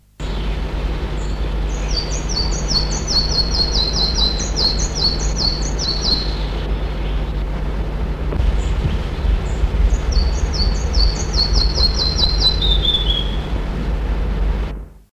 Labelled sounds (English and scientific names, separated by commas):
Red-breasted Flycatcher (Ficedula parva) song